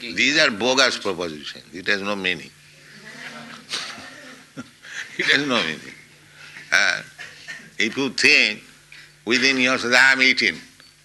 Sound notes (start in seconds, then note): 3.0 laughs; 3.7 laughter